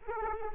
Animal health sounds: mosquito wingbeat signal from an infrared sensor; Aedes aegypti

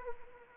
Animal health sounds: mosquito wingbeat signal from an infrared sensor; Anopheles arabiensis

